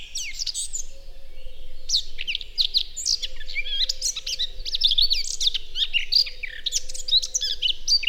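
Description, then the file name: Eurasian blackcap song, nearly continuous fast, scratchy warbling with bright slurred notes, a brief lull early on, and a low repeated hum below. "Sylvia atricapilla"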